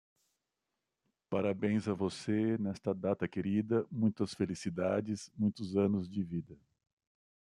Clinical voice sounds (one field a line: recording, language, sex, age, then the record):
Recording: short text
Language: Brazilian Portuguese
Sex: male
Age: 40 to 49 years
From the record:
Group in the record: control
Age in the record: 48 years